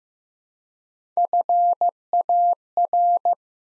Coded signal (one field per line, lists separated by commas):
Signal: Morse code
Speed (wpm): 15 wpm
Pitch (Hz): 700 Hz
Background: none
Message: FAR